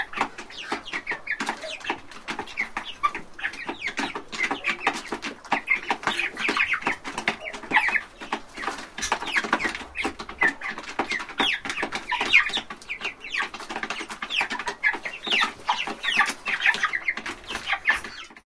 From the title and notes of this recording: Baby chickens eating from a trough sound effect. Chickens clucking in a large chicken house on a farm.